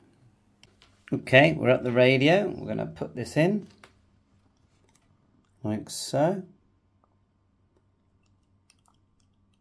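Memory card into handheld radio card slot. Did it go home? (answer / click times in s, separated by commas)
yes / 8.7 s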